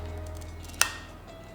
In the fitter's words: take note of the white circles which we will use as a reference to line up the camera on lens and rotate the lens in a clockwise direction until you hear the lens click into place